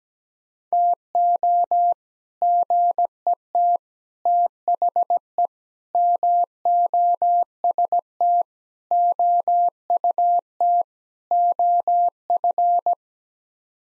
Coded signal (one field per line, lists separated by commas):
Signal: Morse code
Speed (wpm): 17 wpm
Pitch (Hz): 700 Hz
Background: none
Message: TO GET THE MOST OUT OF